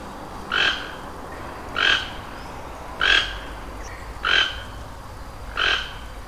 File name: Ramphastos toco